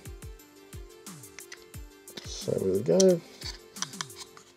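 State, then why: Not seated. A Furia accelerator board is handled over the soldered CPU on an Amiga A600 motherboard, with light taps and handling knocks while music plays and someone talks briefly. Nothing has seated or clicked yet.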